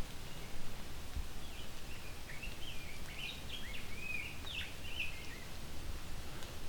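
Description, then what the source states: Rose-breasted Grosbeak softly warbling a short string of sweet whistled notes in the middle, against constant low background noise. Male, recorded fairly close up, shy, giving a quiet, not wholehearted song sung to himself.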